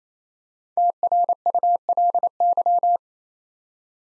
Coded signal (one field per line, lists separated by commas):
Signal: Morse code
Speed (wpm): 29 wpm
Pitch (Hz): 700 Hz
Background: none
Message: TRULY